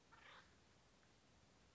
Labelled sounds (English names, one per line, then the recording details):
Acorn Woodpecker
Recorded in Sonoma County, California